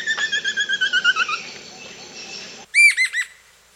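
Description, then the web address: Black-striped woodcreeper song: the end of a rapid falling series of sharp notes, then a pause and, after an abrupt change in background, a few loud arched chirping notes. South America. "Natures Songs S America Black-Striped Woodcreeper"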